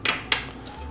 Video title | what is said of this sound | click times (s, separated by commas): Building a 486 DOS PC! The LGR Woodgrain 486 | Hay que ir Es solo una especie de encaje en su lugar allí y entra así y usted quiere asegurarse de que Es bonito y | 0.3 s